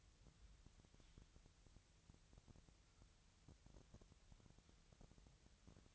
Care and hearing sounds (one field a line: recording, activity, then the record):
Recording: daily activity, microphone in the room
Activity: wipe stove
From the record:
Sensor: 3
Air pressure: 1001.6 hPa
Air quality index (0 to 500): 222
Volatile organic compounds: 30 ppm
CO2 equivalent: 2952 ppm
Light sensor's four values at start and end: 11/33/14/12 and 11/33/14/12